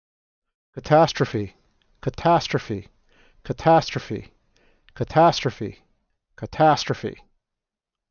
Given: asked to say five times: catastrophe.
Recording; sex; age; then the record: repeated word; male; 30 to 39 years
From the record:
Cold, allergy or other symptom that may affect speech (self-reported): no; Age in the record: 37 years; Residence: California, United States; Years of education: 16